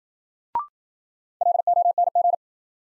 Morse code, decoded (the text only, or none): LONG